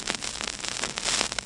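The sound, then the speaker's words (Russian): A vinyl record hisses steadily, with irregular sharp crackles and pops scattered through the surface noise. The sound is fairly quiet and no one speaks. “Мы слушаем. Пластиночка уже шипит, трещит.”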